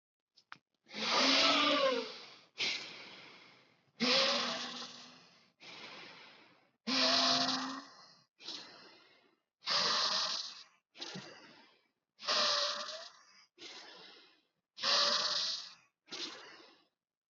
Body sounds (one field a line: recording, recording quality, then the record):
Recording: deep breathing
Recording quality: excellent, no background noise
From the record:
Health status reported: healthy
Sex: male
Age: 30 years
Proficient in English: yes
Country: India